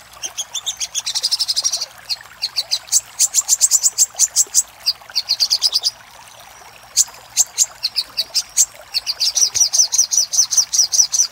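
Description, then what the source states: Little spiderhunter song: spaced piercing notes and quick trills at high pitch, with short rapid bursts and pauses between phrases. Master recording for training cage birds; Indonesian name sogok ontong, labelled Labaik.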